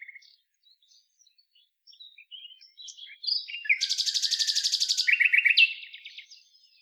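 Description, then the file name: Common nightingale singing: scattered soft high notes build into a loud fast pulsed trill, ending in a lower rattling phrase. "Luscinia megarhynchos"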